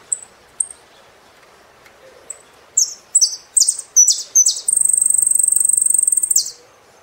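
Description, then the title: Saffron finch song: a few isolated high chips, then quickening sharp notes leading into a sustained, rapid, buzzy high trill lasting nearly two seconds. "Jilguero Argentino"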